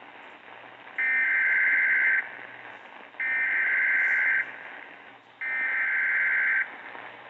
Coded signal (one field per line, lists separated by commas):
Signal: Emergency Alert System (SAME) tones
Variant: header bursts